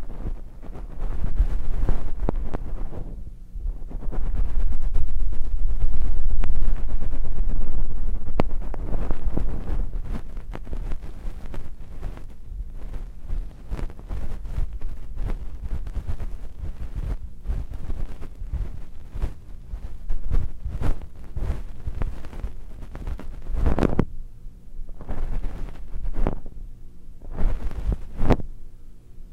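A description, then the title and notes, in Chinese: Ear cleaning, full of deep muffled rumbling and dense scratchy rustles that crowd together and swell loudest around five to eight seconds. Later the scraping thins into separate crackles, with sharp bright scrapes near twenty-four, twenty-six and twenty-eight seconds. 睡眠導入30分鐘掏耳全程。掏耳 ASMR。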